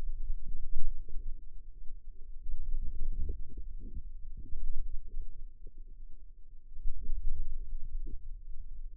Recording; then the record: forearm muscle sounds (acoustic myography)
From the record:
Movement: radial deviation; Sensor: system 2, bracelet of six BSWA MPA416 microphones around the upper forearm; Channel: 2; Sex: female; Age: 22 years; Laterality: right